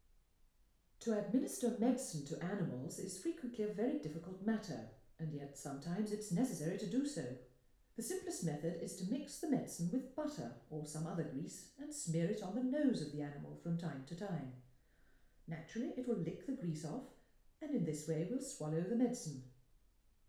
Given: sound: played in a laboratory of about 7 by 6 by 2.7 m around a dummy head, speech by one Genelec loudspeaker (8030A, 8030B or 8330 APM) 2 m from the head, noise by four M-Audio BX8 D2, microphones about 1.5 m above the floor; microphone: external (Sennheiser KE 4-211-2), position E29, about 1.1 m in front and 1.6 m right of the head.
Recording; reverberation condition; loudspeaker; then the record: female speech in English; medium; 30 degrees to the right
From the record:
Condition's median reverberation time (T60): about 510 ms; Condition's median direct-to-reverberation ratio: about -0.5 dB